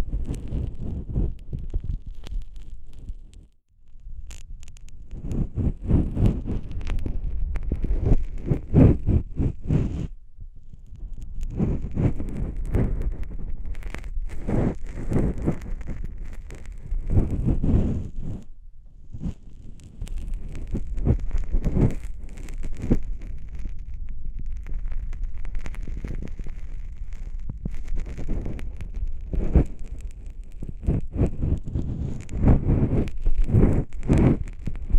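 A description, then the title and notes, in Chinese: Ear cleaning, switching between the left and right ears, with dense scratching and rubbing strokes that come in rapid bursts. The scraping is mostly low and rough, with brighter crackles on top, and brief pauses near 4, 10 and 19 seconds separate the runs. 掏耳（左右耳交替）。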